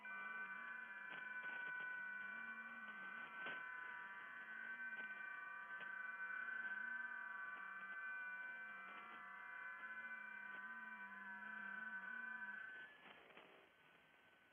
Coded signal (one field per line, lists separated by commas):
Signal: FT8